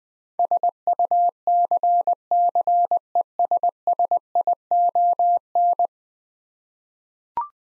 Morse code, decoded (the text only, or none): SUCCESSION